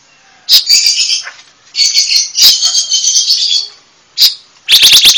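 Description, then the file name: Panca warna bird uttering long scratchy high twitters, a sharp chip, then a rapid sequence of loud ringing notes. Indonesian songbird giving a loud, full song, described as ngeplong kencang. "Kicau Burung Panca Warna Ngeplong Kencang"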